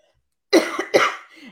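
Two short, harsh coughs about half a second apart from an adult woman with a nagging, recurring cough, each starting with a sudden loud burst and fading quickly, with a faint breathy tail at the end. A plain dry-sounding cough, heard in a quiet indoor setting.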